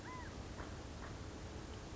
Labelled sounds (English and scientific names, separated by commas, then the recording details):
California Quail (Callipepla californica)
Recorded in Sonoma County, California